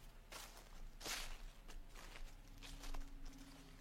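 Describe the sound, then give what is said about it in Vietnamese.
Soft, shuffling footsteps rustle through leaves or brush outside in a garden at night in an uneven rhythm, with a sharper scuffing crunch partway through, over a low steady hum. “Tiếng bước chân loạt xoạt vang lên ở ngoài vườn.”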